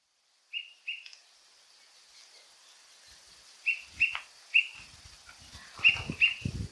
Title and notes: Greater Pewee (Recorded: Oaxaca, Mexico, October 2023)